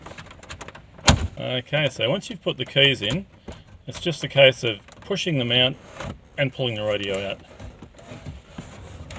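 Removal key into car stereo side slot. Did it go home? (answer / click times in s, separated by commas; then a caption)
yes / 1.1 s. A second removal key is pushed into the hole on the other side of a Ford AU car stereo until it latches, giving a sharp click at 1.1 s after a few faint ticks. Someone then talks for the rest of the clip, with a few soft knocks near the end.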